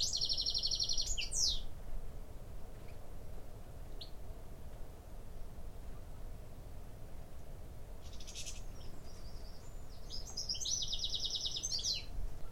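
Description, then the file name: European goldfinch giving tinkling, buzzy twitter bursts at the start and again near the end, with a quiet gap between, against constant low background noise. "Carduelis carduelis"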